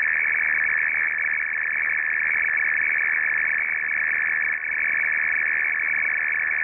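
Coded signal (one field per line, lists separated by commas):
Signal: RTTY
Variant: F01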